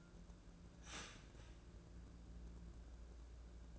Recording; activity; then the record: daily activity, microphone in the room; start toaster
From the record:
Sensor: 2